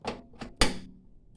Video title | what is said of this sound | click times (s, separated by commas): building my first pc lol | there we go heard the click | 0.6 s